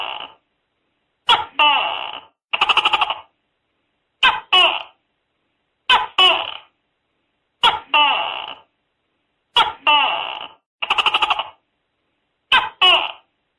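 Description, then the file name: Tokay gecko call series: clipped note plus nasal drawn-out note in pairs, interspersed with quick stuttering pulsed calls, repeating regularly over the whole stretch against silence. Calling inside a house at night. "tieng tac ke keu trong nha tac ke keu trong dem"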